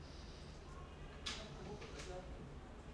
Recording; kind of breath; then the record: one breath in and out by a microphone near the nose and mouth; normal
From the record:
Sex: male